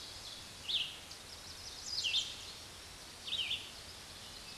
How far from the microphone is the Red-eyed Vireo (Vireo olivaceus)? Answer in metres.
about 25 m